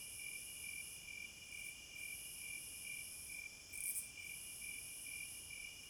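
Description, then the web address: Steady cricket chirping in fast even pulses beneath a constant high insect drone, with a short louder burst near four seconds. Night forest ambience, described as a midnight concert. "Sounds of Nature Hypnotizing Forest- Wolves, Crickets, Owls and Singing Birds Midnight Concert"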